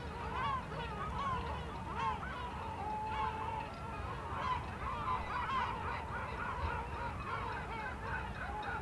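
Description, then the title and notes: Gulls crying in a dense overlapping chorus of wailing, bending calls, with constant wind rumble in the background. Group of gulls circling and crying in the sky, Grand Port of Aix-les-Bains basin, France, north wind, boat masts ringing behind. "70 Bd Robert Barrier, 73100 Aix-les-Bains, France - Goelands dans le vent. Au bord d'un bassin du Grand Port d'Aix-les-bains , le vent du Nord souffle et fait sonner les mats des bateaux en arrière plan , dans le ciel un groupe de goelands tournoie en criant"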